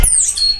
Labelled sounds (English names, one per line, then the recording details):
Stitchbird song
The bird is a male
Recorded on Tiritiri Matangi Island, New Zealand, in 2005
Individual 22, of nest box 31